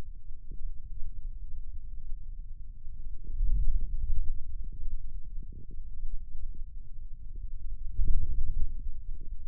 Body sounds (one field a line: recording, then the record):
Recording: forearm muscle sounds (acoustic myography)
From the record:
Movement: hand opening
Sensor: system 2, bracelet of six BSWA MPA416 microphones around the upper forearm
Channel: 1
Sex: male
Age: 22 years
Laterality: right